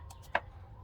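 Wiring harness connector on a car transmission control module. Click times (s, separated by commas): 0.4 s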